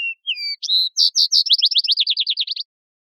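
Vesper sparrow full song: a few clear whistled notes, higher emphatic phrases, then a long rapid trill of descending notes.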